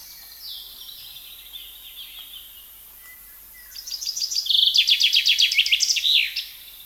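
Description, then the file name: Common chaffinch song, one descending trill of crisp repeated notes ending in a flourish, preceded by fainter background bird calls. "Fringilla coelebs"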